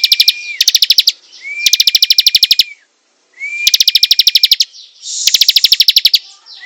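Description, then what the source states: Prinia delivering repeated harsh, rattling trill phrases about one second long, several with an underlying sustained whistle, spaced by short silences. Singing vigorously, a style called gacor.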